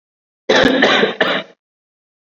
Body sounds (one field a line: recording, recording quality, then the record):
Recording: heavy voluntary cough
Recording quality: excellent, no background noise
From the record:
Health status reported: COVID-19 positive, mild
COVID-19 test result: positive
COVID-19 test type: rapid antigen test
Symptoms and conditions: cough, breathing difficulty, fever, fatigue, muscle pain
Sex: male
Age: 34 years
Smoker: no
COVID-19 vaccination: both doses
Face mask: worn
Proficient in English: no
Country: India